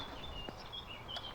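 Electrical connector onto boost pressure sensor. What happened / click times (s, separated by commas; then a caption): The connector is being handled but has not clicked home yet / none. The wiring plug is being handled and pushed onto the turbo boost pressure sensor by the intercooler of a Volvo XC60. Over steady background noise with high, chirp-like tones, faint soft handling ticks come near 0.5 s and 1.2 s. The connector has not seated or clicked in yet.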